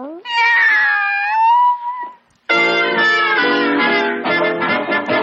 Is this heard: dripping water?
no